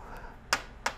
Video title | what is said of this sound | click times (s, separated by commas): Transpring Filling Machine: Air Hose Assembly | of our supply tank again press in firmly until you hear it click into place | 0.5 s, 0.9 s